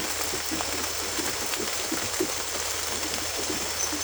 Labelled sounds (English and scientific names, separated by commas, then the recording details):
none
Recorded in dense forest near Puerto Asís, Putumayo, Colombia, on 22 December 2024 at 18:00
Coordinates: 0.482, -76.320
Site G021